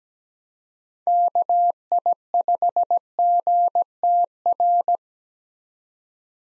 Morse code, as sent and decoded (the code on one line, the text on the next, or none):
-.- .. ..... --. - .-.
KI5GTR